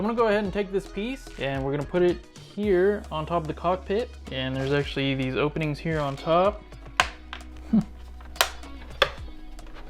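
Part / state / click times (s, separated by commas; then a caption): plastic cockpit cover into the top of a toy spaceship / seated / 9.0 s. Someone talks over background music while a plastic cockpit cover is pressed onto the openings on top of the cockpit of a Star Wars Vintage Collection Slave 1 toy spaceship. After the talking, sharp plastic clicks and knocks sound as the cover, a little tough to fit, is forced a bit. It snaps and locks into place at 9.0 s.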